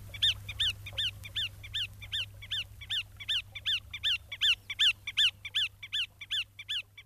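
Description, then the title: Bar-tailed Godwit calls, steady series of nasal notes repeated evenly over seven seconds, with a low hum beneath. "Viikon luontoääni: Punakuiri"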